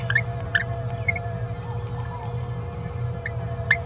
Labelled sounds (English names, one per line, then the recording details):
Green-rumped Parrotlet babbling
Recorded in a nest box in Venezuela
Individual 18B17A4